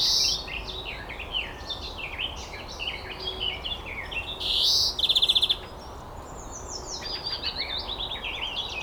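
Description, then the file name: European greenfinch calls: busy high twittering throughout, a strong buzzy wheeze midway quickly followed by a fast rattling trill of evenly spaced notes, with low rumbling noise underneath. "Chloris chloris"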